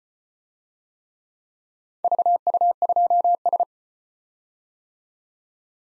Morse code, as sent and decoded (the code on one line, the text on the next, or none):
...- ..- ..--- ...
VU2S